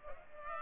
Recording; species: mosquito wingbeat signal from an infrared sensor; Culex pipiens